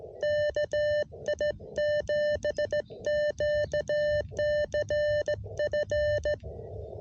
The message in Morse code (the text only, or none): KI7QCF